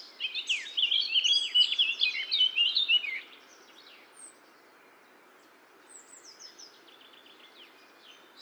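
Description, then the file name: Eurasian blackcap song: a rapid, varied warbling phrase of high twittering and chattering notes for about three seconds, then quiet with faint high notes. "Sylvia atricapilla"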